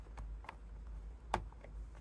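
A tail light housing on a 2015–2024 Nissan Murano, removed for a rear turn signal bulb replacement, is lined up and pushed into the vehicle body to engage its plastic clip. A few faint ticks are followed by a single sharp click at 1.3 s, the loudest sound in the clip. The clip seats.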